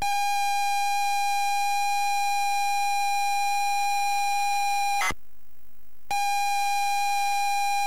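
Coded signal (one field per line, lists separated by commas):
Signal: ZX Spectrum tape loading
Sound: steady buzzy mid-pitched lead tone, cut off for a second, then resumes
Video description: ZX Spectrum load up and quick game play of Knight Tyme loaded up using a zx spectrum +3 with a wh smith cpd8300 cassette player.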